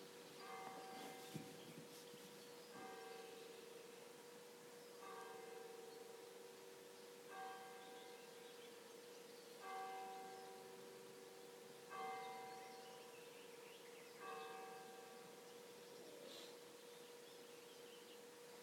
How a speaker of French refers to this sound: Si nous sommes dans un environnement, respirez maintenant avec les carillons.